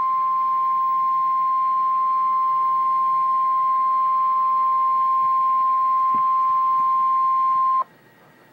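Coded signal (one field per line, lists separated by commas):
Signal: Emergency Alert System (SAME) tones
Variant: 1050 Hz attention tone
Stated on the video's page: Real alert.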